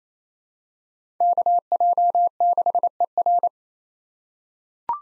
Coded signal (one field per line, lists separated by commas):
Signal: Morse code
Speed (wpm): 28 wpm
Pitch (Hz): 700 Hz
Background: none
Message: KJ6ER